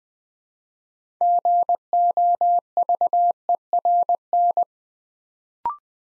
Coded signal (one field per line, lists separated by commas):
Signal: Morse code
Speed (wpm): 20 wpm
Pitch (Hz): 700 Hz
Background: none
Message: GOVERN